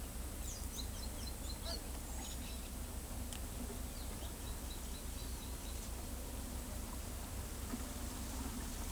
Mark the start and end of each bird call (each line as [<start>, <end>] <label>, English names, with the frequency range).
[0.43, 1.78] Carib Grackle (2.9-7.9 kHz)